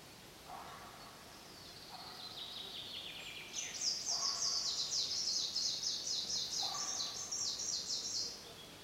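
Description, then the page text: Greenish warbler giving a long, rapid, high, twittering phrase of about five seconds, with low notes at intervals in background hiss. "Dmitry Kulakov - Зелёная пеночка (Phylloscopus trochiloides)"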